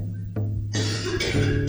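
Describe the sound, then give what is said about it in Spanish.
A child's voice imitates the meow of a cat called Felipe: one drawn-out, fairly loud, nasal cry that swells and shifts in pitch over about a second and a half. “otro animal, un gato, ¿cómo hace?”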